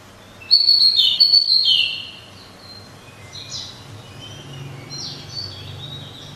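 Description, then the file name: Pied bushchat song: one loud, quick, jumbled warbling phrase early on, followed by softer high chirps. "suara kicauan burung decu. omkicau"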